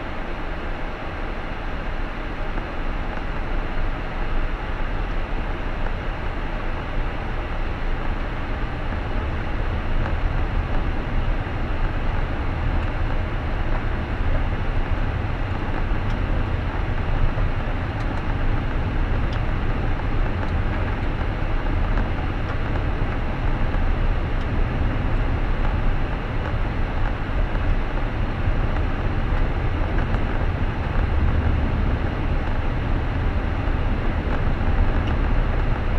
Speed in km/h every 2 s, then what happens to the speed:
15, 20, 25, 28, 32, 36, 38, 40, 42, 43, 44, 44, 45, 44, 46, 46, 46, 45.
0-17 speeds up to 43. 17-36 steady at about 45.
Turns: none.